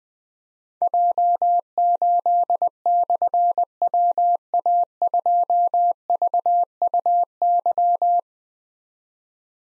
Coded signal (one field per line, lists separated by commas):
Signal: Morse code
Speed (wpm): 20 wpm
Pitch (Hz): 700 Hz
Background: none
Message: J8/WA2VUY